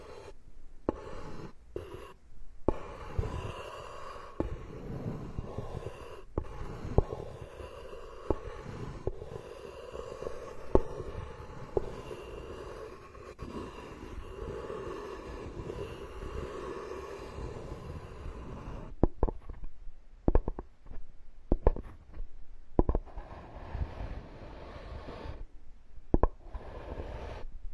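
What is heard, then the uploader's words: Ear picking and ear massage sounds: a dense, close rustle of soft scraping and rubbing that runs steadily, broken by frequent brief clicks and taps. After about nineteen seconds the rustle thins out, leaving sparser, sharper pops and scratches with short gaps between them. Tree Ear Picking Supreme Spa Ear Massage.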